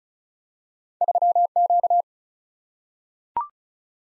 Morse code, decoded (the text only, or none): 3Q